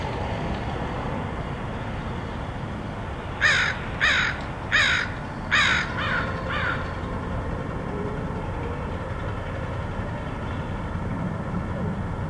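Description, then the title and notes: Crow uttering a run of about six harsh caws in roughly three seconds, then quiet low background hum. Recorded in Portland, Oregon, in August 2003. "Crows of Portland. Crows recorded by Dan Bodah in Portland, OR, August 2003"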